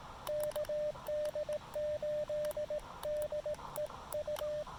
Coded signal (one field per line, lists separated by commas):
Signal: Morse code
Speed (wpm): 20 wpm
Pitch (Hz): 590 Hz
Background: radio noise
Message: KD8DEU